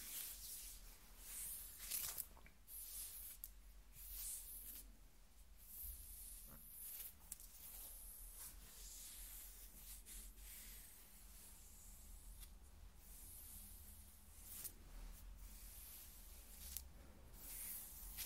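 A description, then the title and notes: Skin scratching makes a steady, dense, bright rasping rub, with short louder strokes near two, seven and fifteen seconds over a low hum. ASMR Skin Scratching 1 Hour (No Talking).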